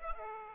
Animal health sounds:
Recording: mosquito wingbeat signal from an infrared sensor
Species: Aedes aegypti

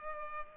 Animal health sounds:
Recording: mosquito wingbeat signal from an infrared sensor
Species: Culex pipiens

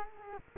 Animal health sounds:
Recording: mosquito wingbeat signal from an infrared sensor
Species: Culex quinquefasciatus

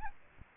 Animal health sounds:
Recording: mosquito wingbeat signal from an infrared sensor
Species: Aedes aegypti

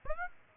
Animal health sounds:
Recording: mosquito wingbeat signal from an infrared sensor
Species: Aedes aegypti

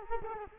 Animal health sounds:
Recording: mosquito wingbeat signal from an infrared sensor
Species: Culex quinquefasciatus

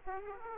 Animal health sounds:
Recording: mosquito wingbeat signal from an infrared sensor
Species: Aedes aegypti

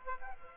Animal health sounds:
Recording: mosquito wingbeat signal from an infrared sensor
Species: Aedes aegypti

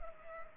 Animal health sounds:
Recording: mosquito wingbeat signal from an infrared sensor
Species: Culex pipiens

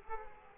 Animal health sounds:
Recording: mosquito wingbeat signal from an infrared sensor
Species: Culex quinquefasciatus

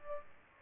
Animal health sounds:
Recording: mosquito wingbeat signal from an infrared sensor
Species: Aedes aegypti

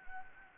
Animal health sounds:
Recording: mosquito wingbeat signal from an infrared sensor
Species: Anopheles arabiensis

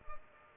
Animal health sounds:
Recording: mosquito wingbeat signal from an infrared sensor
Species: Culex pipiens

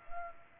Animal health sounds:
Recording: mosquito wingbeat signal from an infrared sensor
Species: Culex pipiens

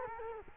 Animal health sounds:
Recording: mosquito wingbeat signal from an infrared sensor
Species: Culex quinquefasciatus

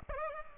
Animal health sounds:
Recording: mosquito wingbeat signal from an infrared sensor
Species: Aedes aegypti

